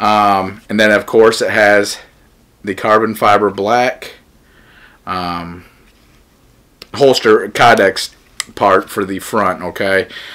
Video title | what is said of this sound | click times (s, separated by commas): Rounded by Concealment Express Glock Hybrid Holster Review... | it does it does kind of click in there I mean it's not going anywhere but as far as the click there is no click | 6.8 s